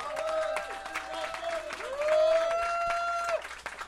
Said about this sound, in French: Allez, applaudissez notre invité, là, go!